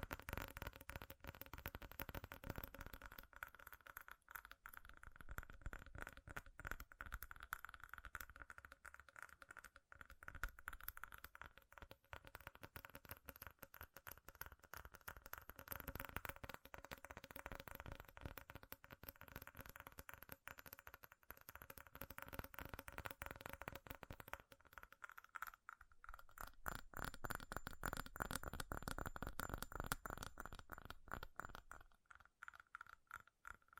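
Fast, furious tapping on metal runs nonstop for the whole stretch, a dense clatter of sharp ringing clicks with brief lighter moments.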